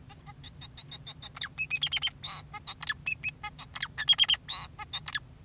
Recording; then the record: song of a male Bengalese finch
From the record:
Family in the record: son of father 2, and himself father 4